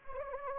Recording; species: mosquito wingbeat signal from an infrared sensor; Anopheles arabiensis